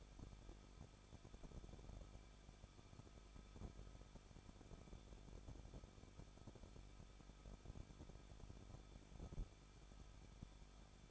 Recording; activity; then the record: daily activity, microphone in the room; no activity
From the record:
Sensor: 5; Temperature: 20.8 degrees Celsius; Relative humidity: 38.4%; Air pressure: 1006.5 hPa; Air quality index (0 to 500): 189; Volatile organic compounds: 19 ppm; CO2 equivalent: 2667 ppm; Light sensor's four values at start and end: 2/3/1/1 and 2/3/1/1